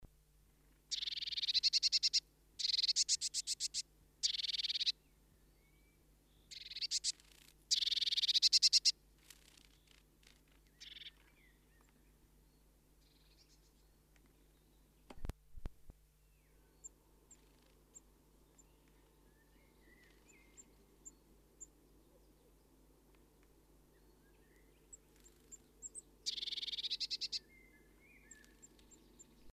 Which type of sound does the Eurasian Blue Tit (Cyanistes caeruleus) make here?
call